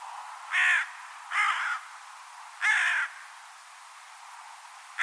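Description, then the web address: Bird: four harsh, raspy crow-like caws at irregular intervals, the last cut off at the end, over steady background hiss. "Deverinetal 2025 File origin Bird Only"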